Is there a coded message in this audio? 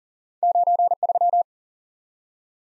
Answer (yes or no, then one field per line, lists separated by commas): yes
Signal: Morse code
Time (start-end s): 0.4-1.4 s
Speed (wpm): 40 wpm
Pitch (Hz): 700 Hz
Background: none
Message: 93